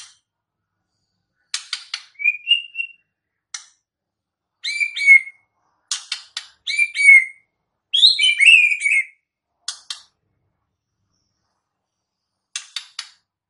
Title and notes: MB Pikat Jitu.. Suara Mantap. murai batu